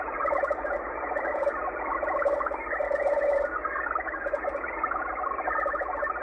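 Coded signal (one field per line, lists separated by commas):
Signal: HF data modem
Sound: continuous dense warbling data hiss with flickering tones and a faint steady low tone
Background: radio static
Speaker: there you go uh xpb out of Moscow Russia with a digital transmission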